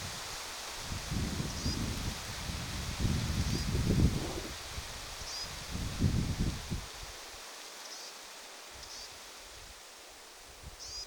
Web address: paivat 20 7 2026 tietaakseni hernekertun poikasen ehka huomioaantelya